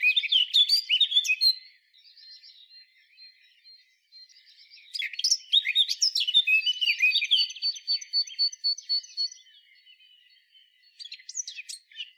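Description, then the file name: Eurasian blackcap song in bursts: loud scratchy warbling, quieter twittering passages, another rich jumbled warble with sustained high notes, then a short final flourish. "Sylvia atricapilla"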